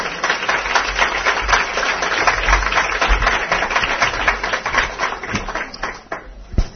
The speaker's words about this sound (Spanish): Un aplauso para Pati, por favor.